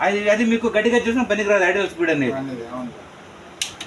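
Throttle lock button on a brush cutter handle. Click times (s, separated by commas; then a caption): 3.6 s. Someone talks as the throttle lock button on a brush cutter handle is pressed to hold the engine at a steady speed. A sharp ratchet-like click sounds at 3.6 s, followed by a smaller one, and the throttle lock clicks on.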